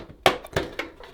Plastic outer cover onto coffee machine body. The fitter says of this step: And now when we push it forward, it will give a nice click confirmation home.